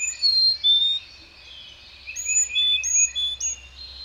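Bird song opening with two loud whistled notes, a quiet stretch, then a run of repeated high whistles and chirps.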